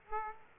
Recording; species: mosquito wingbeat signal from an infrared sensor; Aedes aegypti